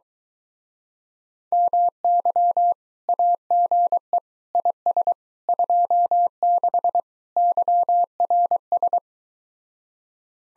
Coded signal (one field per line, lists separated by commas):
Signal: Morse code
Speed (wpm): 23 wpm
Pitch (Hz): 700 Hz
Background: none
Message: MY AGE IS 26 YRS